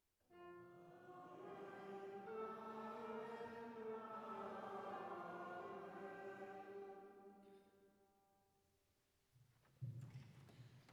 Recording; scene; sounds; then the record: everyday scene through a hearing-aid microphone; reverberant space; music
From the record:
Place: church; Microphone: behind the ear, right, rear